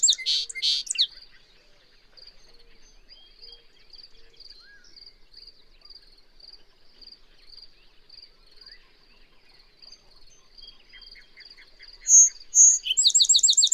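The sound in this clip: Bird song in short loud bursts at the start and end, with a soft, even, high-pitched pulsing and faint chirps running steadily in between.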